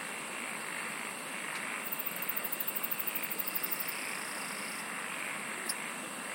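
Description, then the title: Constant insect buzz with a bright, rapid pulsed trill lasting about two seconds, then steady hiss and a single sharp click near the end. "SINGING OF INSECTS"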